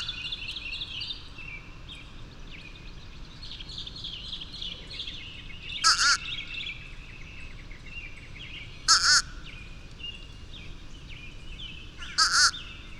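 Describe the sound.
Bird repeating a harsh, grating call three times, about every three seconds, with light twittering from other birds early on.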